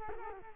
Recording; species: mosquito wingbeat signal from an infrared sensor; Culex quinquefasciatus